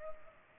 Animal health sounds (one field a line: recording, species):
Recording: mosquito wingbeat signal from an infrared sensor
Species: Culex pipiens